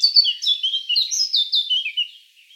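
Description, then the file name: Eurasian blackcap song fragment: a brief continuous run of quick, varied, high warbled and whistled notes, fading out at the close. "Sylvia atricapilla"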